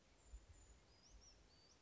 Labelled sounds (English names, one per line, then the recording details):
Brown Creeper
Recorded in Sonoma County, California